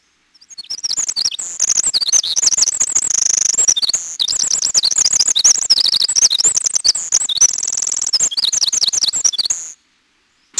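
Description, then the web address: Winter wren song: a long, rapid, very high cascade of tinkling trills and warbled notes, running almost unbroken for about nine seconds with brief dips in between. "Peterson North American Birds"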